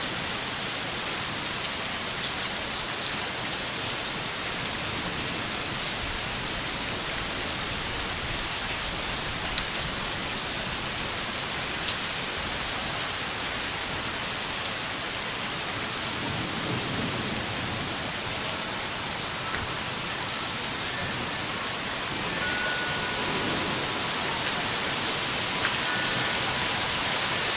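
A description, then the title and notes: A rainstorm recorded outdoors, a dense, steady hiss of rain falling evenly across the whole clip. A few sharp taps and clicks stand out around the middle and near the end, and a faint low rumble swells briefly past the halfway point. More field recording with the rainstorm and eventual hail that fell.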